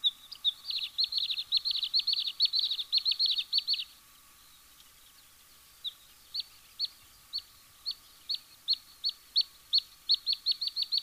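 Bluethroat song: a fast, dense rattle of ringing high notes, a brief pause, then the same clear note repeated steadily.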